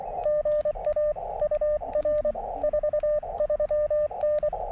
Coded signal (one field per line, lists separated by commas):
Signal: Morse code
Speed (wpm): 23 wpm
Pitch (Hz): 590 Hz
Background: radio noise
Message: GA UR 43N